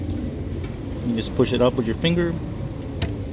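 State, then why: Released. On a 2014–2018 Ford Transit Connect, a finger pushes up on the plastic locking clip of the headlight bulb's wiring harness connector to unlatch it from the bulb while someone talks. A sharp click sounds at 3.0 seconds as the connector clip releases.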